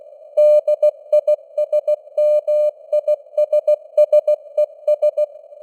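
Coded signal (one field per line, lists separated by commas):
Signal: Morse code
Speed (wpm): 16 wpm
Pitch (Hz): 600 Hz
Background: none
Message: DISMISSES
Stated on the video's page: Morse news headlines at 16 wpm with simulated radio noise and varying signal strength (QSB).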